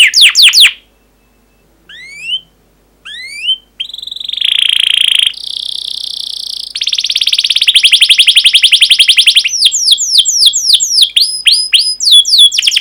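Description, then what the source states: Canary song opening with a few sweeping chirps and short pauses, then long buzzy trills and quick rolling sequences of descending whistled notes. Long canary song recording used as a lure or training recording for teaching other canaries.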